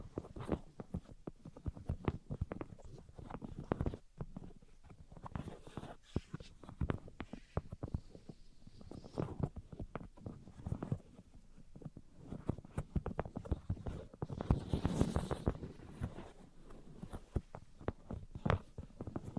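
Dense, irregular tapping and scratching runs throughout, with rapid sharp clicks over soft rubbing, briefly thickening into a brighter scrape near fifteen seconds.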